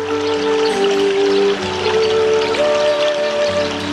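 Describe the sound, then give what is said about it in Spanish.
A waterfall roars in a steady, unbroken hiss of rushing water, with sustained low tones holding and shifting pitch beneath it for the whole few seconds. “Es el melicón lahuén, o remedio de las cuatro aguas, que significa cascada del agua sanadora.”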